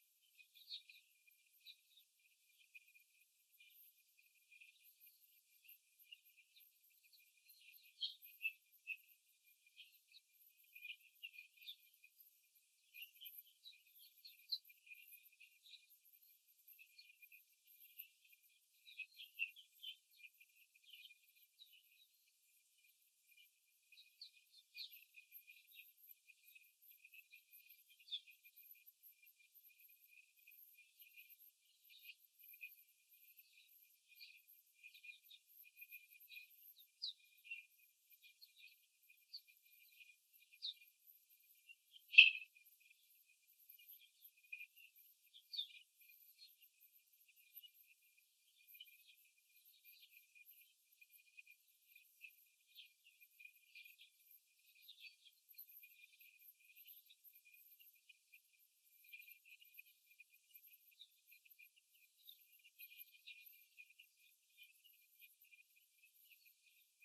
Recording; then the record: young laying hens in a cage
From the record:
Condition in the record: after the stressor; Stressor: simulated dog barking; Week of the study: 3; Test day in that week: 2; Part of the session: 3